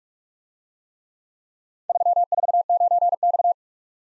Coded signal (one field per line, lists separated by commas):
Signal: Morse code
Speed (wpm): 44 wpm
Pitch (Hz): 700 Hz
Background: none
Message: 349X